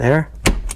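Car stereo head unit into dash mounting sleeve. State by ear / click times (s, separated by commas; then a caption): seated / 0.5 s. Someone talks as a car stereo head unit is pushed further into the dash mounting sleeve of an 88-94 C1500 OBS truck. A sharp click at 0.5 s marks the second retaining tab clicking home, and the head unit is seated.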